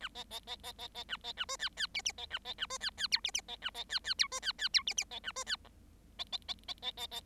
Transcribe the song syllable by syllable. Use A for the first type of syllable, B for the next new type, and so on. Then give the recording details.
A B B B B B B A B A C D D E E B A B A C D D F E E B A B D D F C D D F E E B A C D G B B B B B B B. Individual Bird7